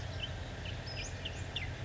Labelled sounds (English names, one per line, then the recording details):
Western Flycatcher
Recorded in Sonoma County, California